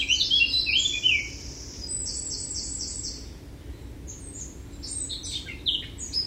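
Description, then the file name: Eurasian blackcap warbling song: quick, varied high phrases, then a run of repeated buzzy notes and scattered chirps over a low steady hum. "Sylvia atricapilla"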